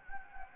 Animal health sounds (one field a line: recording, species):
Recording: mosquito wingbeat signal from an infrared sensor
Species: Anopheles gambiae